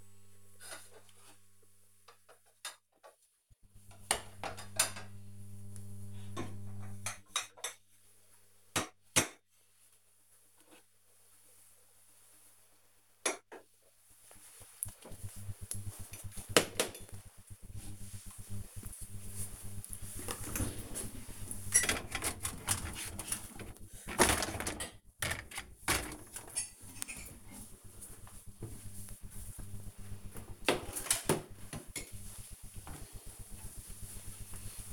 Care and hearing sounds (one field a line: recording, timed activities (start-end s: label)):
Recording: household activities, microphone on the right wrist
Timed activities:
none